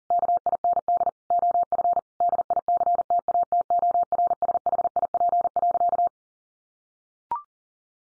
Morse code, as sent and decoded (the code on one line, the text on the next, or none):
-.- .. -. -.. / --- ..-. / -.. .. -.-. - .- - --- .-. ... .... .. .--. .-.-.-
KIND OF DICTATORSHIP.